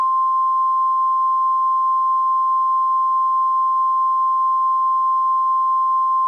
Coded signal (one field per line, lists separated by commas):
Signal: Emergency Alert System (SAME) tones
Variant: 1050 Hz attention tone